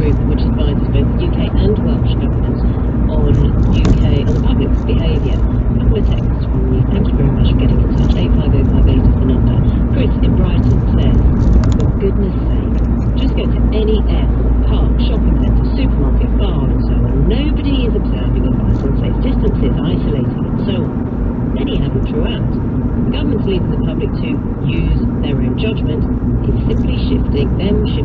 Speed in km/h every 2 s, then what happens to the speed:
58, 56, 56, 56, 56, 55, 55, 52, 50, 50, 48, 45, 44, 45.
0-12 steady at about 56. 12-23 slows to 44.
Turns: none.